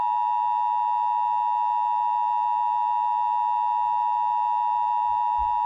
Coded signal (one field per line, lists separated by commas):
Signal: Emergency Alert System (SAME) tones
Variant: 853 and 960 Hz attention tone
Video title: EAS SCENARIO 30: Mega Baby Bowser